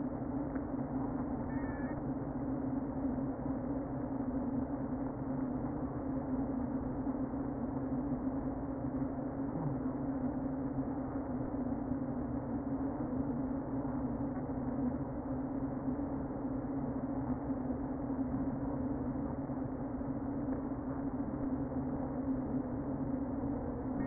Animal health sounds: honeybee colony, microphone inside the hive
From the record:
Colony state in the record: queen present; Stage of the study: before two queens were removed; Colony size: about 60,000 bees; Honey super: yes

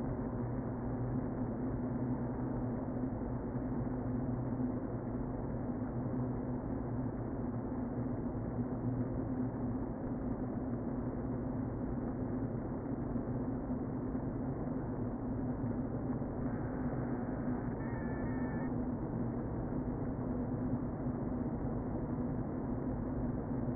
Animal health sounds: honeybee colony, microphone inside the hive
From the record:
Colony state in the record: queen present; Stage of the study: before two queens were removed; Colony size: about 60,000 bees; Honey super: yes

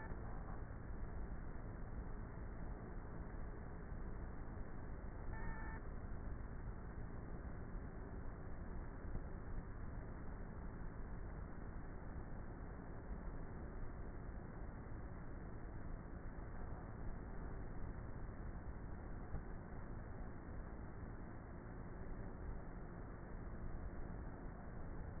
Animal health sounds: honeybee colony, microphone inside the hive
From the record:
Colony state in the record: queenless with a low population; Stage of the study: before two queens were removed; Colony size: about 30,000 bees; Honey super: no

